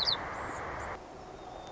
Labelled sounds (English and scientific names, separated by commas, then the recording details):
White-crowned Sparrow (Zonotrichia leucophrys)
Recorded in Sonoma County, California